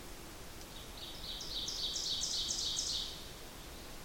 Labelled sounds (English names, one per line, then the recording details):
Ovenbird song
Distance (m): 40 m
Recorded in boreal forest in Alberta, Canada, on 8 June 2016 at 07:46
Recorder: SongMeter 3, array SBT-3-9
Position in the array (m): 40 m, 99 m
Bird 33